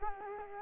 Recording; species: mosquito wingbeat signal from an infrared sensor; Culex quinquefasciatus